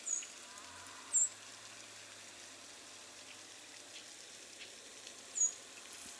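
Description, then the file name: Harris's sparrow uttering brief, piercing high call notes, four scattered throughout, with a continuous crackly hiss like light rain behind them. "Harris's Sparrow - Zonotrichia querula"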